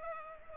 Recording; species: mosquito wingbeat signal from an infrared sensor; Culex pipiens